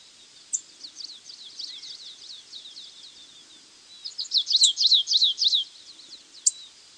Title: LuckyPassaro Completos2Sama. Stripe-tailed Yellow Finch (Sicalis citrina citrina (ssp assumed from location))